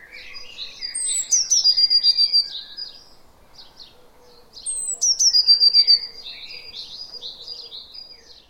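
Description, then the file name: Eurasian blue tit phrase: high sharp notes dropping into a quick, level trill, given twice about four seconds apart, with quieter twittering between. "Cyanistes caeruleus"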